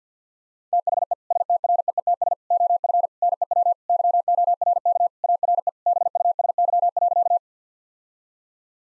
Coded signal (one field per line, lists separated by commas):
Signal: Morse code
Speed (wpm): 50 wpm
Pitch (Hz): 700 Hz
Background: none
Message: THE STREETS OF NEW YORK ARE BUSY.